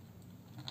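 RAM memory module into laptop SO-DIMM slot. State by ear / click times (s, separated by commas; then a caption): not seated / none. An extra RAM memory module is handled over the SO-DIMM memory slot of an old Lenovo B50 laptop during an upgrade, with low handling noise and a brief sharp tap near 0.7 s. The module is not yet home: nothing has seated or clicked yet.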